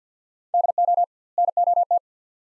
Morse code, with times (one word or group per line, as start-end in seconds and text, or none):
0.5-1.0 DO
1.4-2.0 NOT